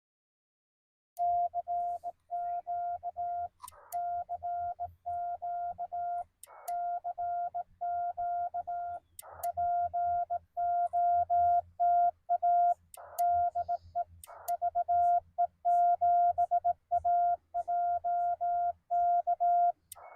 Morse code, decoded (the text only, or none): CQ CQ CQ POTA DE VE7AJK